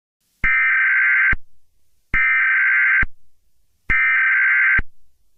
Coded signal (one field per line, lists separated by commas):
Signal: Emergency Alert System (SAME) tones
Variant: header bursts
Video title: EAS Scenario #4: The Grey Goo Spill